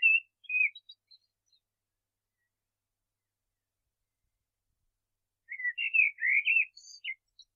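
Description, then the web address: Common blackbird singing, a mellow warbled phrase at the start, then after a long pause a fuller fluted phrase ending in thin, high squeaky twitters. "SETE data Turdus merula"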